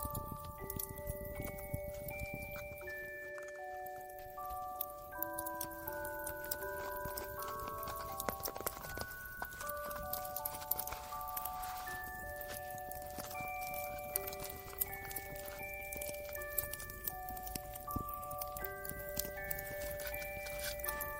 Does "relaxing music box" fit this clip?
yes